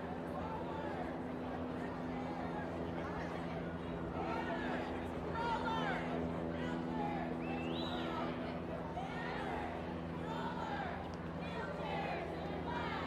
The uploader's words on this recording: WOMXNS MARCH_raw_09 by Andy "soundeziner" Martin.